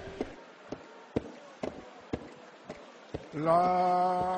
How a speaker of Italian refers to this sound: Una sedia davanti e comincia a picchiettare.